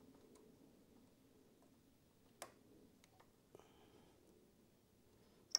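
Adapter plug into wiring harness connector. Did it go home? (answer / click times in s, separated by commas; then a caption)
yes / 5.5 s. An adapter plug is pushed into a very tight wiring harness connector while hooking up a Denali T3 DialDim controller on a Pan America. Faint ticks and scrapes at 2.4, 3.0 and 3.5 seconds lead to a sharp, loud click at 5.6 seconds. That click is the connector latch, so the adapter is seated.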